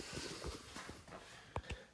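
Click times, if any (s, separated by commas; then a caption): 1.6 s. A retaining clip is pressed back into the lid switch housing of a Whirlpool or Maytag top-loading washer during a lid switch replacement, with both ends of the clip going in, big end first, after low rustling. A sharp snap at 1.6 s seats the clip back in place, followed by a softer tick at 1.7 s.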